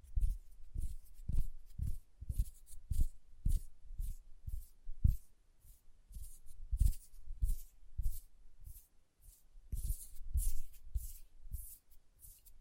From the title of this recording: ASMR Hand Sounds, Nail Tapping and Lotion Sounds